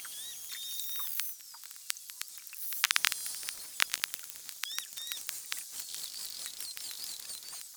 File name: Whale Beluga Clicks